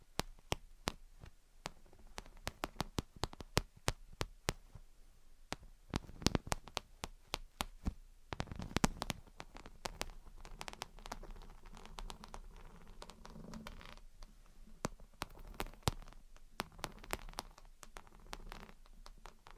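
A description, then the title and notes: Gentle tapping and scratching come in light, irregular bursts of sharp clicks and taps, some single, some in quick clusters. Busier stretches fall around six to nine seconds and again near fifteen to eighteen seconds, over a soft low rustle that never stops. Gentle Tapping and Scratching. (No Talking).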